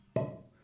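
A tuning slide is pulled out of a vintage trumpet to test whether the horn still holds compression. A sharp, hollow pop sounds at 0.2 s and fades over about a quarter second. The pop is fairly strong, showing the trumpet still has good compression.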